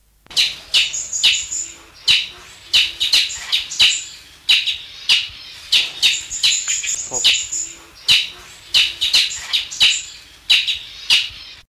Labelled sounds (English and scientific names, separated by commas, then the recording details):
Brazilian Tanager (Ramphocelus bresilius) call
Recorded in captivity
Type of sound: call
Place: Zoo Osnabrück, Niedersachsen, DE
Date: 1974-03-14
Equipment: Halbspur, 9,5 cm/s
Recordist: Lütgens, Hans
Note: Schrecklaut